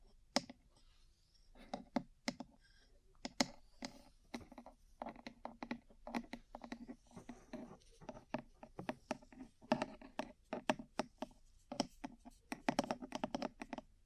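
Ear cleaning and massage sounds: a steady run of quick, crisp taps and clicks, some sharp and bright, others softer and thudding. Strikes come irregularly, several per second, with brief pauses near the start and around three seconds, over a faint low rustle.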